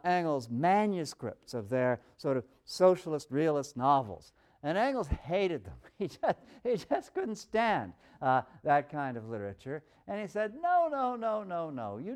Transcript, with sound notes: Engels manuscripts of their sort of “socialist realist” novels, Engels hated them. He [laughs] just couldn’t stand that kind of literature, and he said in effect, No, no, no, no.